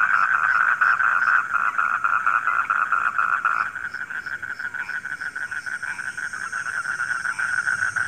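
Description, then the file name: Frog chorus of fast, even croaking pulses, loud at the start, quieter afterward with distinct repeated beats. Frogs calling at night. "suara kodok di malam hari"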